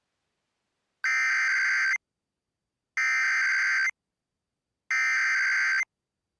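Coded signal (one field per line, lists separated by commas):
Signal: Emergency Alert System (SAME) tones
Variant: header bursts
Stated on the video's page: Real, valid EAS tones for a winter storm warning.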